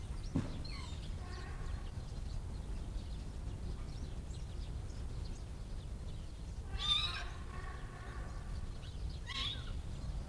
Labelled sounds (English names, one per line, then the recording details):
Chital call
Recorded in captivity
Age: juvenile
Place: Zoo Berlin, Berlin, DE
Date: 1959-03-04 16:00
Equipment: Reporter (Vollspur)
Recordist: Tembrock, Günter